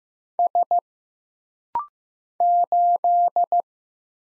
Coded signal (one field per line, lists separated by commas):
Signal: Morse code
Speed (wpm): 15 wpm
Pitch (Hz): 700 Hz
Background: none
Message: S 8